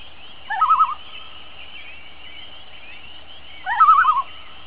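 Loon tremolo call: two short wavering, quavering trills, each opening with a quick upward sweep, about three seconds apart over a steady low hiss.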